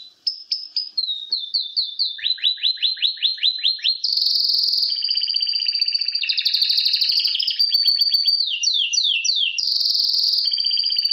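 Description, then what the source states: Domestic canary song, a rapid series of descending slurred notes followed by dense, continuous rolling trills that change pitch every second or two. Male bird.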